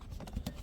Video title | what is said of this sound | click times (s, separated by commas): VEVOR Collapsible Folding Wagon with Wheels, Foldable with 225lbs Capacity, Lightweight Portable | and that locks in place. | 0.5 s